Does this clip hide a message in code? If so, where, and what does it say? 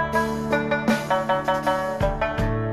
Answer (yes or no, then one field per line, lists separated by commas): no